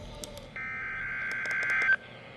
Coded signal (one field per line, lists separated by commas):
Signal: Emergency Alert System (SAME) tones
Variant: header bursts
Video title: NWS Ruskin Weekly Test (PM) (11/6/24) (New EAS 770)